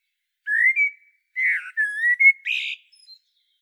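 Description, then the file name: Common blackbird: a string of fluty whistled phrases, some rising, some slurred and scratchy, ending with a higher scratchy note and a faint trailing peep. "Turdus merula"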